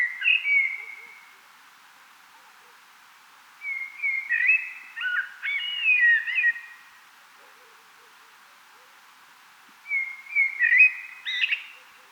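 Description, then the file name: Common blackbird song in three separate mellow, fluting phrases, each made of slurred whistled notes with squeaky upper flourishes, divided by pauses of several seconds. "Turdus merula"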